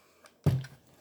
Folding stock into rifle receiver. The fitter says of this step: then to fold it back you would just basically just pull it and it snaps back into place like so